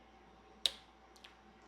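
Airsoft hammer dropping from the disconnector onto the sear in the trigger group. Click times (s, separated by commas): 0.7 s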